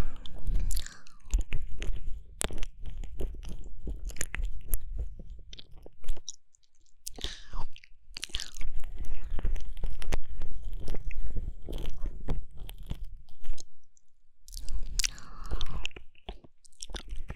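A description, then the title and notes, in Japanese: Wet mouth sounds of ear licking fill the clip: dense clusters of smacks, clicks and slurps with a low, muffled rumble beneath. Brief pauses fall near 6 and 14 seconds, and the bursts turn brighter and hissier around 7 and 16 seconds. 深入舔耳。口腔音。Deep Ear Licking。NO Talking。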